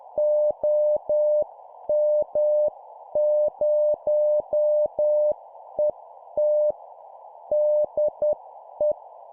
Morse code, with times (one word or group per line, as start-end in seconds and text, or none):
0.2-6.7 OM0ET
7.5-8.9 DE